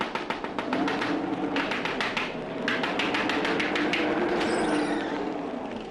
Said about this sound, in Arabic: ثم وقع نظره على نافذة لفيلا في الناحية الأخرى من الطريق، نافذة موقدة النور، وأحس الطبيب العالمي بشيء يقود خطواته المتعجلة نحو تلك الفيلا، وعند بابها وقف وراح يخبط على الباب.